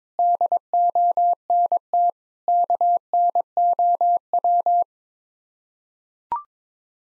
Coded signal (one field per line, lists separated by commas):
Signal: Morse code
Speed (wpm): 22 wpm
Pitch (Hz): 700 Hz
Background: none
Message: DONT KNOW